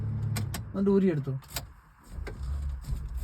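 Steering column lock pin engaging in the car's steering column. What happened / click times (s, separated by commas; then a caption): Handled, not yet home: the steering lock has not engaged / none. The key has been removed from a car's ignition and the steering wheel is being turned so the steering column lock pin can engage in the steering column. Someone talks, and sharp ticks come at about 0.4 s, 0.5 s and 2.3 s. The clip ends before the lock pin seats, and nothing has locked yet.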